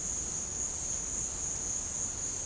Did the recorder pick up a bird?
no